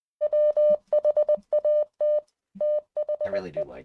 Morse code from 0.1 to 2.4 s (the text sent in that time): WHAT